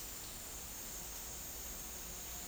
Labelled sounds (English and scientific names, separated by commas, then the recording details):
none
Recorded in dense forest near Puerto Asís, Putumayo, Colombia, on 4 March 2025 at 13:30
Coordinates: 0.499, -76.324
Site GP03